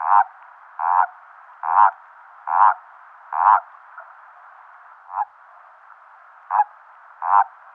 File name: Bufo Bufo